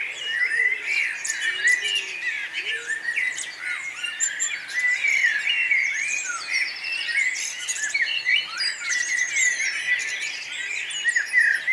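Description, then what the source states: Songbirds in a full chorus, a continuous tangle of warbled phrases, chirps and high trills layered over one another, with no pause across the whole stretch. Morning mood at Nonnenhorn, 10 May 2009, 04:24; birdsong and twittering.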